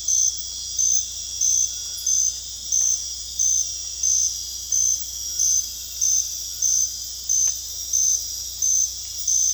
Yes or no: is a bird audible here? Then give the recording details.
no. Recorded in dense forest near Puerto Asís, Putumayo, Colombia, on 21 December 2024 at 21:30. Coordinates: 0.486, -76.317. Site G003